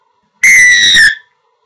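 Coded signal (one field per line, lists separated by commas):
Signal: whistle signal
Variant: referee pea whistle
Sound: one loud, shrill whistle blast lasting under a second, slightly falling pitch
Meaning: A long, loud blast used by a rugby referee to signal firmly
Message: 1 long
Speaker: there are two ways to blow the whistle bowl and loud like this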